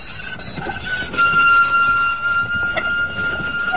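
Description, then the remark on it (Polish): A powerful long-distance Intercity train, pulling many metres of carriages, rolls steadily along the rails, a continuous broad rumble carrying thin, sustained metallic squeals from the wheels that waver slightly in pitch throughout. “Która jeszcze ciągnie za sobą ileś metrów pociągu. Ma dużą moc, jedzie się przede wszystkim bardzo daleko, nie jeździ się tylko po mieście, nie zatrzymuje się co chwilę, także to mi bardziej odpowiadało.”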